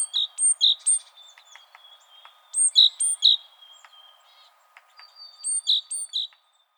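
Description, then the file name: Great tit giving paired bright notes with sharp high tips in three groups. Faint thin steady tones run underneath. "Parus major"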